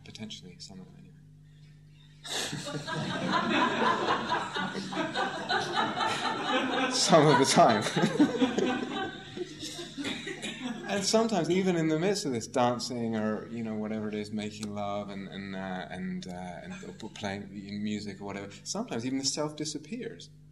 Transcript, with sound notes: Potentially, some of it anyway. [laughter] Some of the time. And sometimes even in the midst of this dancing, or whatever it is, making love, or playing music or whatever, sometimes even the self disappears.